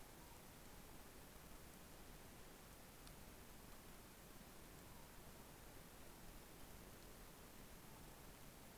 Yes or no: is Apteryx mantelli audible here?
no